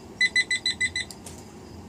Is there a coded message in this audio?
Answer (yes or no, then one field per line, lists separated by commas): no